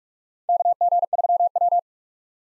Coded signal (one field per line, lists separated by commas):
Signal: Morse code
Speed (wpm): 46 wpm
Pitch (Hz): 700 Hz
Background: none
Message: KG3W